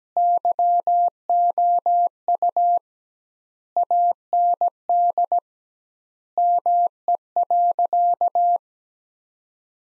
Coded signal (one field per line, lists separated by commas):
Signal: Morse code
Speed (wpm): 17 wpm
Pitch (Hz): 700 Hz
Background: none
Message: YOU AND ME.